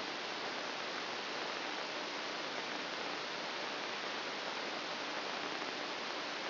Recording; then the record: brain microelectrode recording played as sound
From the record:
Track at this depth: inside the subthalamic nucleus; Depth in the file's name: 2.405 mm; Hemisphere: right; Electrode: 2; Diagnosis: Parkinson's disease